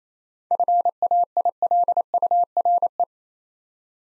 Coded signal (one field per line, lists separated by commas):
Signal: Morse code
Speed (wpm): 27 wpm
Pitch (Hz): 700 Hz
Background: none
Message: FAILURE